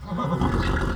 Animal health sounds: contact call of a hoofed animal; horse; whinny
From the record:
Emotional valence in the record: positive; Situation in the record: reunion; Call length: 0.96 s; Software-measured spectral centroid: 1650 Hz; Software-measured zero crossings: 1150 a second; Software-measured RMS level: -24 dBFS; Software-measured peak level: -10 dBFS

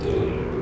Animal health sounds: contact call of a hoofed animal; pig; closed-mouth grunt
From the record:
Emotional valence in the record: positive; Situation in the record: food and toys in familiar pen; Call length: 0.61 s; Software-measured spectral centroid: 1370 Hz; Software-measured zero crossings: 960 a second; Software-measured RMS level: -24 dBFS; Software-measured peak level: -13 dBFS

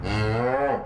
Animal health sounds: contact call of a hoofed animal; cattle; low-frequency (closed-mouth) or high-frequency (open-mouth) call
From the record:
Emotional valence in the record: negative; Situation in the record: full separation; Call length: 0.87 s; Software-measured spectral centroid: 1440 Hz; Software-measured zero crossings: 1390 a second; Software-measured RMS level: -24 dBFS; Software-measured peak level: -12 dBFS

